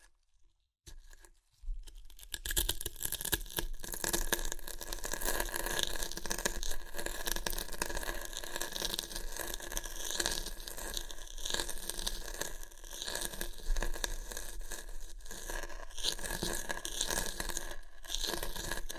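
Crunchy chips being crushed and eaten, starting after a second of near silence and a few short clicks. From about two seconds on, the crackling and rattling crunches run dense and continuous, with brief dips and sharper bursts scattered throughout.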